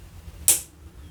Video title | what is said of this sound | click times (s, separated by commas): Pelikan Jazz Noble First Impressions | that's a very satisfying click | 0.5 s